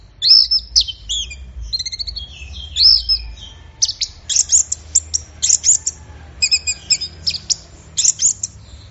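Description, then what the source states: Orange-headed thrush singing loud, rich phrases: trills and slurred whistles first, then a quick series of sharp, high chipping notes in short bursts. Bird in full, intense song (gacor teler), used for training songbirds; Indonesian name anis merah.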